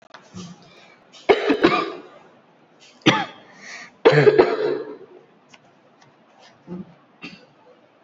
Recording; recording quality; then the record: shallow voluntary cough; excellent, no background noise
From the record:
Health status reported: COVID-19 positive, mild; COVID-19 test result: positive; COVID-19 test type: RT-PCR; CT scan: not taken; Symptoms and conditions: cough, sore throat, fever, muscle pain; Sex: female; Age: 35 years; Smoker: no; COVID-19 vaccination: both doses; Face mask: worn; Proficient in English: yes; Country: India